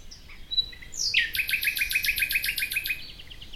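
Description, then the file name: Common nightingale song: a short soft whistle, then a loud rapid run of repeated sharp, buzzy notes lasting about two seconds, fading out at the end. "Luscinia megarhynchos"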